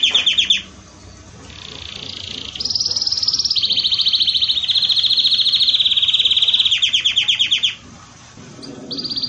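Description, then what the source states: Domestic canary song: rapid rolling trills at shifting pitches, a brief pause after the opening phrase, then a long continuous run of trills before another short break and a final trill. Belgian canary (canário belga) singing; campainha (bell) style song per title.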